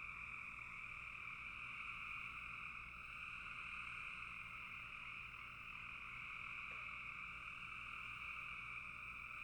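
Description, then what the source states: Frog chorus of many overlapping callers forming an unbroken high-pitched trilling wash, with a faint low hum beneath and one brief click late. Frogs in a bog.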